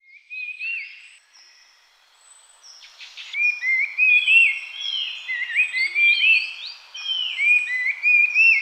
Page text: Sulawesi Babbler Song. Quick Sounds